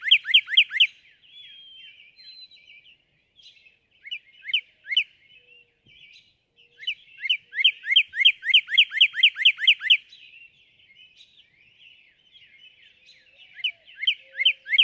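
Northern cardinal repeating its song several times: bursts of fast, slurred whistled notes separated by quieter scattered chips and pauses.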